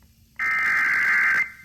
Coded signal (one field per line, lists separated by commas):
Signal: Emergency Alert System (SAME) tones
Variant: header bursts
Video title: EAS Alerts From 7/12/26: A Compilation (EAS 1316-1325)